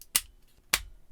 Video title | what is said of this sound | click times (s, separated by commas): The Last Jedi 3.75" Canto Bight Police Speeder with Officer Figure Review | missile launchers snap in pretty easy at the bottom of the vehicle | 0.2 s, 0.7 s